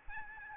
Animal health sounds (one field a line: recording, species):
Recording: mosquito wingbeat signal from an infrared sensor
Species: Aedes albopictus